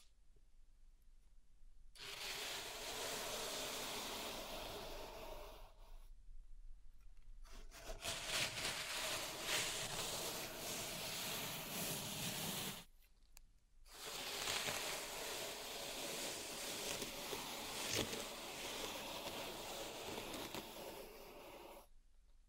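Pink salt in a zen garden is worked in three long, grainy passes, roughly 2–6, 7.5–13 and 14–22 seconds, with near-silent pauses between. Each pass is a dense, steady hissing crunch of tiny grains over a soft low rumble.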